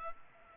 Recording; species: mosquito wingbeat signal from an infrared sensor; Culex pipiens